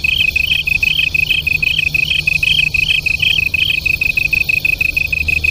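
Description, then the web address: Japanese tree cricket trills: a higher pulsed voice sounds over a steady lower trill, then drops out, leaving the lower trill alone. Local name kantan; two crickets singing as a duet. "sikioto insect kantanduet"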